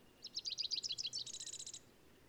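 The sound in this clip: Black-capped vireo song, one quick high phrase of rapid chirping notes that runs into a fast, even buzzy series, then quiet.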